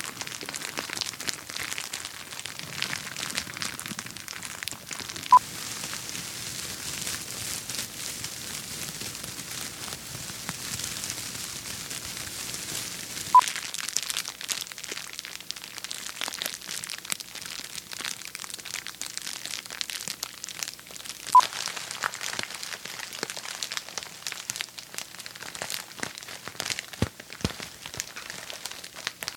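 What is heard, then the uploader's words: Paper and plastic bags are ruffled in a continuous, dense crackle of fine, bright crinkling that rarely lets up across the whole stretch. Three sharp clicks stand out at roughly eight-second intervals, near 5, 13 and 21 seconds, and a faint low rumble sits underneath early on. This free sample pack contains 5 lo-fi crackle sounds created by randomly ruffling paper and plastic bags.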